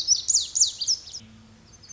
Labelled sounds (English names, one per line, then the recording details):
Lazuli Bunting
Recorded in Sonoma County, California